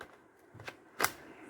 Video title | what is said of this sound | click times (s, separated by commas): How to upgrade RAM in government laptop /Government laptop RAM upgrade/ | பேட்டரியை fix பண்ணி lock போட்டாச்சு | 1.0 s